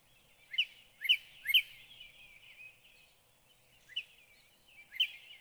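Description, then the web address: Northern cardinal song: loud, sharply downslurred whistled notes, three in quick succession, then a softer stretch and two more spaced notes. "birdsongforthecurious Northern Cardinal"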